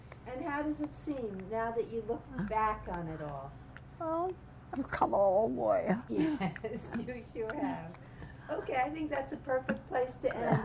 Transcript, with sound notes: And how does it seem, now that you look back on it all?
Well, I've come a long way.
Yes. [laughs] You sure have. Okay, I think that's a perfect place to end.